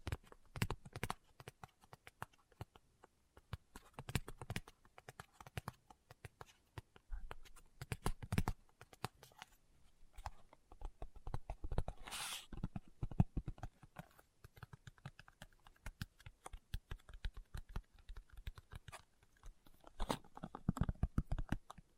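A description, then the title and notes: Fingertips tap in quick, irregular bursts throughout, a dense clatter of short, crisp knocks much like typing on a keyboard. The taps cluster and pause unevenly, with a brief hissing brush near the twelve-second mark and a louder flurry around twenty seconds. ASMR Tapping with Fingertips (No Talking).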